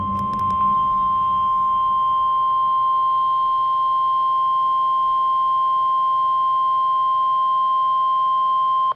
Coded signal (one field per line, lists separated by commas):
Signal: Emergency Alert System (SAME) tones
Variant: 1050 Hz attention tone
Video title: NWS Ruskin Weekly Test (PM) (11/13/24) (New EAS 773)